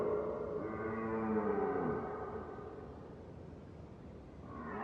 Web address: red deer far distance. fvtt sonniss gdc audio